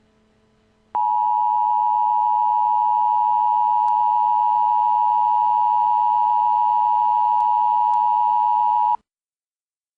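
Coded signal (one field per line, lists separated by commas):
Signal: Emergency Alert System (SAME) tones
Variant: 853 and 960 Hz attention tone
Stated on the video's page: Fictional zombie EAS scenario.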